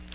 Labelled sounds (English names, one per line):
Magnolia Warbler flight call